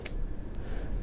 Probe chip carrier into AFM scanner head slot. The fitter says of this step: press it in until it snaps